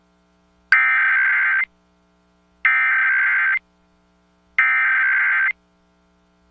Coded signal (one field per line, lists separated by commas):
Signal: Emergency Alert System (SAME) tones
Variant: header bursts